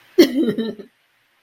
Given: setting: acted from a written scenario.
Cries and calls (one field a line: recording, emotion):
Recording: vocal sound without words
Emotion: amusement